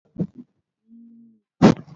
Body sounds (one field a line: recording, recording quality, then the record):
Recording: sustained vowel as in beet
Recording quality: poor, much background noise or distortion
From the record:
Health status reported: COVID-19 positive, mild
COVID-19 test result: positive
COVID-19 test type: RT-PCR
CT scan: not taken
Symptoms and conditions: fever, fatigue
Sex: female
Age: 33 years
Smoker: no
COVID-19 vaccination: both doses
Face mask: not worn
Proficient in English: yes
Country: India